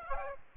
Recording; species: mosquito wingbeat signal from an infrared sensor; Aedes aegypti